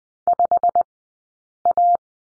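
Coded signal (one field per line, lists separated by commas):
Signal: Morse code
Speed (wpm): 20 wpm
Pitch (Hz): 700 Hz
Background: none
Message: 5A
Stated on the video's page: Morse code course lesson on the letter U, two-character practice, Farnsworth speed 20/10 wpm.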